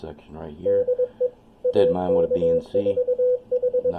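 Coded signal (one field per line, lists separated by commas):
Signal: Morse code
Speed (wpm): 22 wpm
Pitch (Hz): 500 Hz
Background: speech, radio noise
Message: DE AK4H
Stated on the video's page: Amateur signal received on a linked end-fed half-wave antenna used for NVIS or DX, without a tuner.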